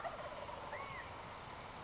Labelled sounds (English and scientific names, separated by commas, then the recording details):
California Towhee (Melozone crissalis)
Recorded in Sonoma County, California